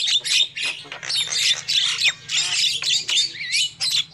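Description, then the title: Lovebird chatter, rapid harsh squawks and whistled squeaks in pulsing bursts, with a low hum underneath. Used as a lure call for trapping lovebirds. "PIKAT BURUNG LOVEBIRD"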